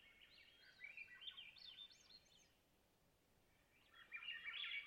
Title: Swainson's Thrush - Catharus Ustulatus - thrush heaven